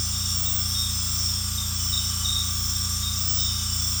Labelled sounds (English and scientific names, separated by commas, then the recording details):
none
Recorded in secondary vegetation near Puerto Asís, Putumayo, Colombia, on 18 December 2024 at 21:00
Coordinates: 0.485, -76.322
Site GP08